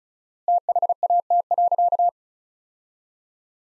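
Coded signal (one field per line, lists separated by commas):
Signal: Morse code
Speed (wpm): 36 wpm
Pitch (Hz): 700 Hz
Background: none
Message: THAT.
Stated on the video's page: Morse practice of sentences built from the top 400 words, sent at 35 wpm with 4x standard word spacing, a Farnsworth-like method applied to words.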